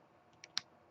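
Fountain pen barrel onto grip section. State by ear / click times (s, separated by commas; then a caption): seated / 0.4 s, 0.6 s. The barrel of a Schneider Base fountain pen is screwed back onto its rubbery grip section until it clicks into place, lining up the nib with the ribbed part of the barrel. A faint, bright click sounds at 0.4 s, followed by a sharper, louder click at 0.6 s against a quiet background. The barrel is seated.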